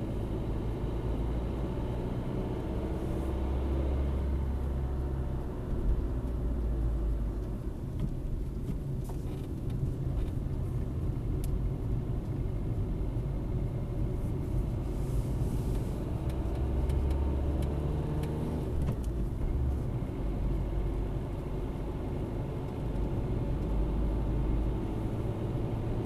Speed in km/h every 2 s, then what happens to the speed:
48, 52, 44, 31, 18, 22, 28, 26, 36, 36, 36, 37, 41.
3-8 brakes to 18. 8-16 speeds up to 36. 16-21 steady at about 36.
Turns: 5-12, 17-22.